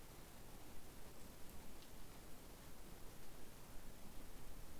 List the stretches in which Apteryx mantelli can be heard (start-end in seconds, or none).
none